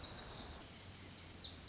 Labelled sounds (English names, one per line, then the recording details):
Lazuli Bunting
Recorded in Sonoma County, California